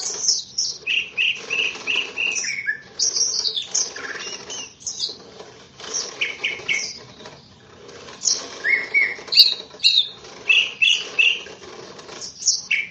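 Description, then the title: Greater green leafbird song, bursts of varied whistles, chirps and slurred notes in phrases with short pauses. "KICAU BURUNG CUCAK IJO"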